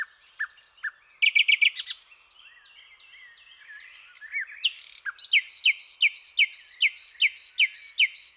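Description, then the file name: Common nightingale song: high repeated chirps, then a rapid stuttering burst, a quieter rambling pause with soft notes, and a final run of sharp, evenly spaced whistled notes. "Luscinia megarhynchos"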